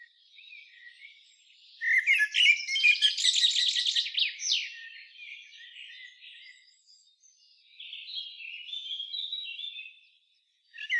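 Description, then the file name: Common blackbird giving a loud stretch of rapid, squeaky chatter, then quieter twittering phrases, and a final sharp note at the end. "Turdus merula"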